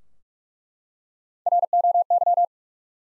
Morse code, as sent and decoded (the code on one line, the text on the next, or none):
.-. --- -.--
ROY